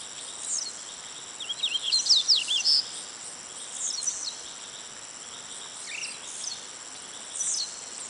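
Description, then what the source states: Yellow-bellied seedeater singing a short, hurried run of thin high notes, then a few scattered chips, set against a continuous shrill insect hum. Recorded on 24 May 2011.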